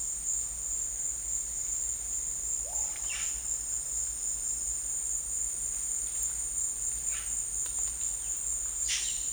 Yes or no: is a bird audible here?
yes